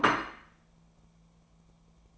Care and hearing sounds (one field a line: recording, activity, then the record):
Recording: daily activity, microphone in the room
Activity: place plate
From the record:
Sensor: 1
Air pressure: 1000.3 hPa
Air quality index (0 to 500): 143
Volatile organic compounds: 3 ppm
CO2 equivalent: 1344 ppm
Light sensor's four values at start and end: 30/75/32/38 and 30/75/32/38